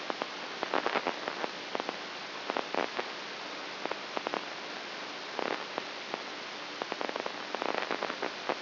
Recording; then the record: brain microelectrode recording played as sound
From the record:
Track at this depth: inside the subthalamic nucleus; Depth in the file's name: 1.84 mm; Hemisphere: right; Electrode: 2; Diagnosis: Parkinson's disease